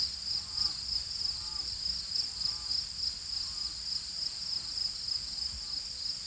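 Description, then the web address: A cricket keeps up a bright, high-pitched chirp, pulsing roughly three times a second, over a faint hiss and soft lower twittering. "cricket base"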